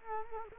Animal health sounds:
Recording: mosquito wingbeat signal from an infrared sensor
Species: Culex quinquefasciatus

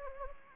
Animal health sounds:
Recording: mosquito wingbeat signal from an infrared sensor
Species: Anopheles gambiae

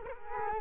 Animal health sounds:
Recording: mosquito wingbeat signal from an infrared sensor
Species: Culex quinquefasciatus

